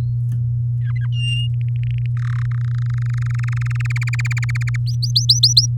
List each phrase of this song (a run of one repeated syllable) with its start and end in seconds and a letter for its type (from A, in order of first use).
0.00-0.01 A, 0.81-1.07 B, 1.12-1.48 C, 1.53-2.06 D, 2.17-2.42 E, 2.45-3.92 F, 3.96-4.76 G, 4.86-5.66 H